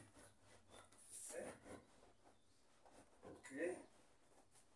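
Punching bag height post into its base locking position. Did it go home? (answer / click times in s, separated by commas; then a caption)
no / none. The height-adjustable post of an Everlast freestanding punching bag is lifted and lined up with the locking position in its base while someone talks. Quiet rubbing and handling sounds are heard, with a faint knock near 0.9 s. The post has not locked or clicked into place yet.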